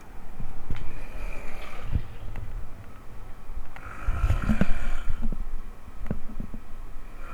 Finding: Snoring.